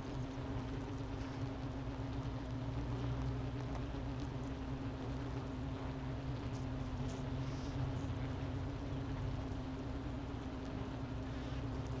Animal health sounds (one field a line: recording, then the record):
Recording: honeybee colony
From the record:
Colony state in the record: missing queen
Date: 31 May 2018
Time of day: 10:22